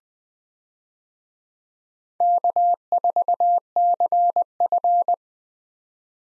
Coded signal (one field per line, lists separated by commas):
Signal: Morse code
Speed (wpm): 21 wpm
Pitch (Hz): 700 Hz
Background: none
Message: K4CF